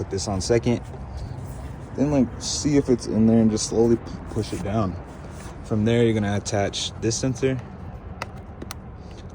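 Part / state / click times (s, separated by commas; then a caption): wiring harness connector onto throttle body sensor / seated / 8.2 s, 8.7 s. While reinstalling the throttle body on a 2015 Jeep Grand Cherokee, someone talks as the wiring harness electrical connector is plugged onto the throttle body sensor. Two sharp clicks are heard at 8.2 s and 8.7 s as the connector clicks in and is seated.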